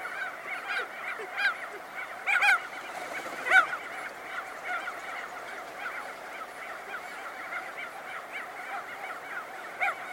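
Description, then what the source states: Crested auklets calling in a dense colony chorus, honking nasal calls overlapping constantly, with a few louder bursts standing out. Close-up recording.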